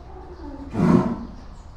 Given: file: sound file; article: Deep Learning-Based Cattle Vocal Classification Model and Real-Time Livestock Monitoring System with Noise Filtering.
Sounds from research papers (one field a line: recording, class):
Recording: cattle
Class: cough sound